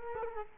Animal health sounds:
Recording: mosquito wingbeat signal from an infrared sensor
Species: Culex quinquefasciatus

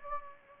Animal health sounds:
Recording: mosquito wingbeat signal from an infrared sensor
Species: Anopheles gambiae

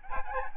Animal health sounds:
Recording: mosquito wingbeat signal from an infrared sensor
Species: Aedes albopictus

